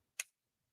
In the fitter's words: and there's this audible little click which is nice because you know it's back and then it just slides out of the way